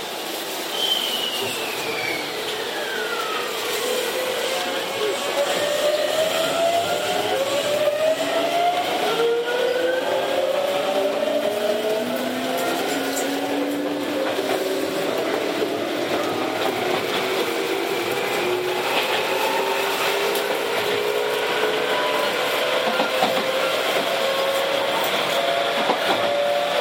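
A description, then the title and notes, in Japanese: A Tokyu 7700 series train rides from Kamata toward Gotanda, its motor whining in tones that slide steadily upward as it gathers speed. The rumble and clatter of the wheels runs continuously underneath, with a short falling whine near the start and faint clicks scattered throughout. 東急7700系 蒲田→五反田。東急7700系（7001F）蒲田→五反田。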